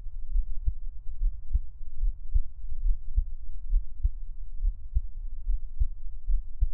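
Steady, regular low thumps at about 69 beats a minute: an adult heartbeat heard up close.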